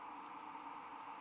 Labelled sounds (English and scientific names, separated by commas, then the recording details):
White-throated Sparrow (Zonotrichia albicollis) flight call
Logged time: 10:44 on 14 December 2014